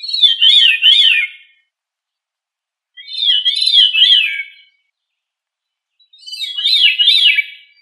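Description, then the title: Thrush singing short whistled phrases that rise and fall in quick zigzags, each phrase lasting over a second and repeated about every three seconds, with silence between. "Familia Turdidae - Sabia"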